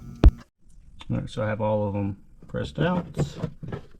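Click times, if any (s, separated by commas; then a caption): none. Plastic push-pin retainer clips in the fill access cover panel of a Honda Pioneer 1000 are handled, with a sharp handling knock at 0.2 s before someone talks. Nothing has seated or clicked yet; the clips are not pressed flush.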